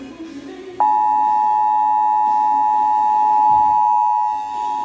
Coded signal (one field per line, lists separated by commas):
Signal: Emergency Alert System (SAME) tones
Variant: 853 and 960 Hz attention tone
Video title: Required Monthly Test EAS #150